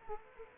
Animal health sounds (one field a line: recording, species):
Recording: mosquito wingbeat signal from an infrared sensor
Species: Culex quinquefasciatus